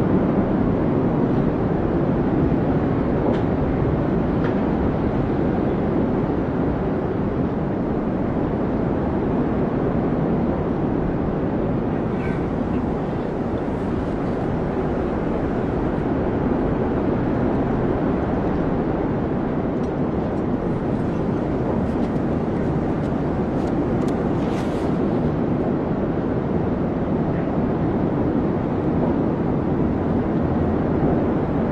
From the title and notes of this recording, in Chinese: 大风天气｜白噪音｜室内学习氛围音。